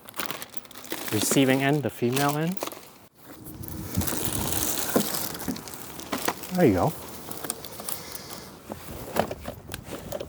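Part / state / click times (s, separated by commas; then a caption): frame rod into the female socket of a wagon stroller / seated / 9.7 s. Someone talks while a metal frame rod of a Gladly Anthem 4 wagon stroller is pushed into its female receiving socket, with crinkling handling noises and small knocks throughout. The rod clicks into place and seats at 9.7 s.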